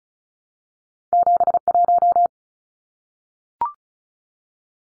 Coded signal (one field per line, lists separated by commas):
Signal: Morse code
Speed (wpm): 34 wpm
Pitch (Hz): 700 Hz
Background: none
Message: 71